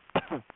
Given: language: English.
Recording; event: throat vibration sensor signal played as sound; cough